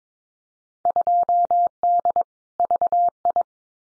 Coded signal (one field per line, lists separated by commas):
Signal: Morse code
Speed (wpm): 22 wpm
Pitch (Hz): 700 Hz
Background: none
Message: 2D VI